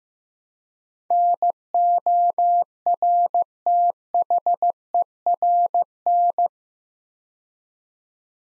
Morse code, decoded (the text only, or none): NORTHERN